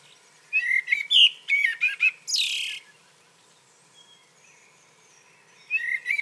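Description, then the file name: Common blackbird phrase of mellow warbled notes ending in a harsh, high rushing squeak, then quiet, then the start of another fluty phrase. "Turdus merula"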